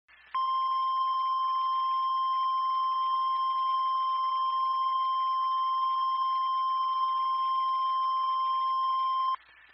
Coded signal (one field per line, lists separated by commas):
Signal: Emergency Alert System (SAME) tones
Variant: 1050 Hz attention tone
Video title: EAS Public Announcement On July 4th